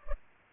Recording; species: mosquito wingbeat signal from an infrared sensor; Culex pipiens